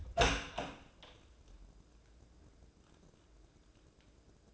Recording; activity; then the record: daily activity, microphone in the room; open door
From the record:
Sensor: 2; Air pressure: 1012.2 hPa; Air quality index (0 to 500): 163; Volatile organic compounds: 2 ppm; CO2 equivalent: 1190 ppm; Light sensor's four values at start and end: 348/868/352/367 and 340/846/343/357